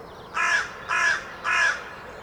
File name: Corvus corone